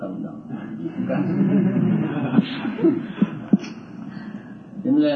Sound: laughter